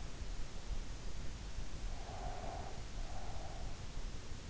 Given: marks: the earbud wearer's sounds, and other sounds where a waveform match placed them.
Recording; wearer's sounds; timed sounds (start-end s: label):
sounds in sleep by an in-ear microphone; breath
1.94-3.82 s: breath